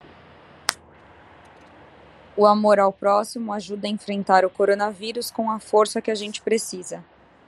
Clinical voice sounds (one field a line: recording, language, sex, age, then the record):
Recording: spoken sentence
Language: Brazilian Portuguese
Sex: female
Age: 30 to 39 years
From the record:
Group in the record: control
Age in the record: 30 years